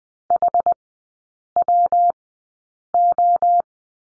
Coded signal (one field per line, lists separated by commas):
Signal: Morse code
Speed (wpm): 20 wpm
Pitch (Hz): 700 Hz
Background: none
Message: HWO